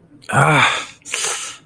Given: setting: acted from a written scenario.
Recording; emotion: vocal sound without words; pain